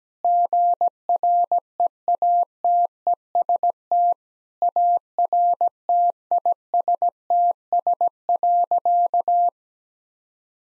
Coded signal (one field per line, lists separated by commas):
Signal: Morse code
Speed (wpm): 17 wpm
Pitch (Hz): 700 Hz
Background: none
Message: GREATEST ARTISTS.